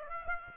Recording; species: mosquito wingbeat signal from an infrared sensor; Aedes aegypti